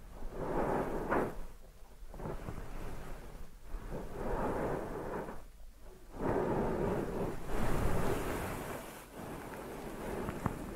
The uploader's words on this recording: ASMR Deep Ear Massage for Sleep(No Talking).